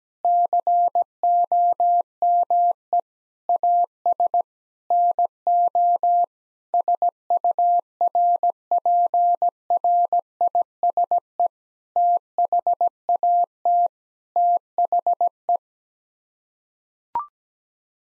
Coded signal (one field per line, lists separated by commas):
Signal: Morse code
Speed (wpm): 17 wpm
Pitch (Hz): 700 Hz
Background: none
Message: COME AS NO SURPRISE THAT THE